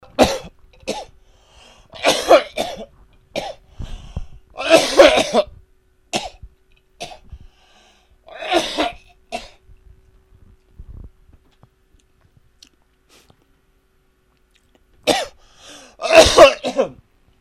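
Repeated harsh, irregular cough bursts in clusters, with throat clearing and a pause: a cough from smoking cannabis (weed).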